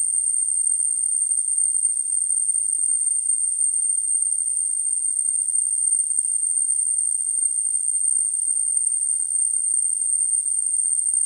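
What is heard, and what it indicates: A simulated tinnitus sound: a steady, continuous high-pitched tone with a faint hiss around it.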